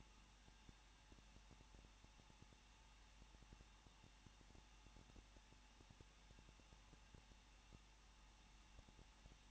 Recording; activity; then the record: daily activity, microphone in the room; no activity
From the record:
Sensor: 1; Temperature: 20.1 degrees Celsius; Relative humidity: 39.1%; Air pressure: 1006.5 hPa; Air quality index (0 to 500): 216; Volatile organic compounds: 73 ppm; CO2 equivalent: 3547 ppm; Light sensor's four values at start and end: 1/2/1/1 and 1/2/1/1